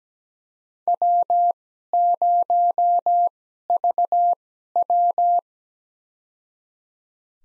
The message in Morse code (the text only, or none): W0VW